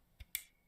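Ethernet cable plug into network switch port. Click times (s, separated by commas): 0.3 s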